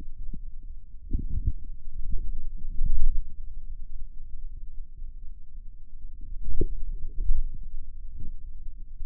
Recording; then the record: forearm muscle sounds (acoustic myography)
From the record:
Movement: wrist extension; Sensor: system 2, bracelet of six BSWA MPA416 microphones around the upper forearm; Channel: 4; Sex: male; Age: 22 years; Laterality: right